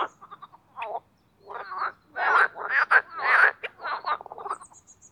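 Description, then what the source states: Marsh frogs calling, scattered short croaks building into loud pulsed laughing trills that overlap, then fading to quieter clicks. Spring mating chorus in an artificial boating pond at Parc Chédeville, Oise; after a cold night, calling starts timidly.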